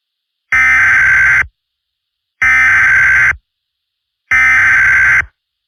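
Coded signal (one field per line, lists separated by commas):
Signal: Emergency Alert System (SAME) tones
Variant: header bursts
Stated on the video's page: Fictional analog horror EAS alert.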